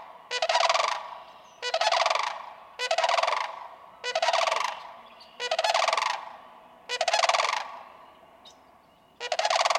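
Sandhill crane giving a series of seven loud, rolling, bugling rattles.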